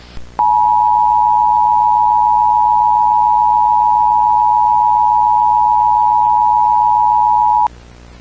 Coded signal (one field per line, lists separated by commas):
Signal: Emergency Alert System (SAME) tones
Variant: 853 and 960 Hz attention tone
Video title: EAS Scenario: The Entity That Doesn't Exist!?